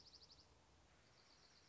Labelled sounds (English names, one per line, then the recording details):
Dark-eyed Junco
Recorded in Sonoma County, California